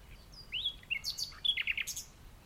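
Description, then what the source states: Common nightingale song, a rapid mix of rising whistles, slurred notes and harsh buzzy clicks in one short phrase. Nightingale singing in the dunes of The Hague on the morning of 12 May 2021, during a lockdown walk.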